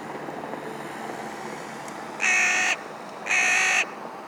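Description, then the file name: Carrion crow calling two rasping caws about a second apart, over steady background noise. "Corvus corone - Carrion Crow"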